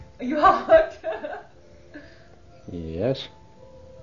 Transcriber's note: she laughs